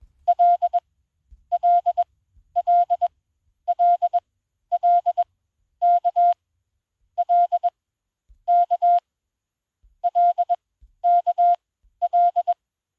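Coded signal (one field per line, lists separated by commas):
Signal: Morse code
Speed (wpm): 21 wpm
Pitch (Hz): 700 Hz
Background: none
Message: LLLLLK L K LKL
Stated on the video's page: 20 WPM Morse generated by an Android Koch-method trainer app for smartphones and tablets.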